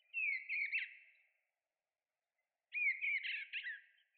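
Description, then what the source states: Oriole song: two short phrases of rich, fluting whistles that slur up and down, with a pause of over a second between them and a quiet background. Male oriole seen on East Boulder Creek Trail toward White Rocks, Boulder, plains-foothills prairie, June 2018, cool cloudy day before a thunderstorm; insectivorous, possibly affected by insect decline.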